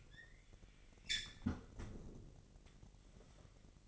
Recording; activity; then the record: daily activity, microphone in the room; close fridge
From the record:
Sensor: 4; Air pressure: 1002.8 hPa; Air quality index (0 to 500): 243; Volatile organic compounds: 18 ppm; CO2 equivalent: 2604 ppm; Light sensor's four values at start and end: 4/10/3/4 and 4/10/3/4